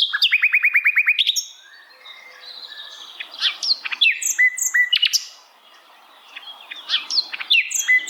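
Bird song opening with a fast rattle of repeated notes, followed after a pause by varied whistles and chips in separate bursts.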